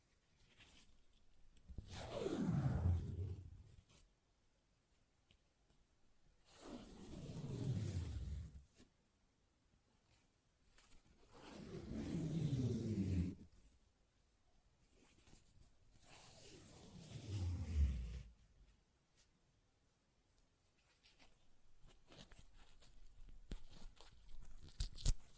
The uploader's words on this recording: ASMR Paper Ripping Tearing Sounds (No Talking).